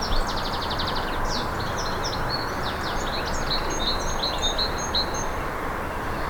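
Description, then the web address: Garden birds: a quick trill opens, then mixed bird chirps and short whistled tweets repeat, set against steady low ambient noise. Garden birds in a countryside air ambience. "Countryside Amb Air Oiseaux Jardin"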